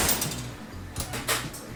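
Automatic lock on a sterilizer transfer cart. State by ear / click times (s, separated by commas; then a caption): seated / 1.0 s. A SteriCUBE cabinet is pulled out of the sterilizer onto the transfer cart, and the cart's automatic locks engage with a sharp click at 1.0 s, followed by another brief rattle around 1.3 s over a low background hum. The locks are confirmed clicked into place.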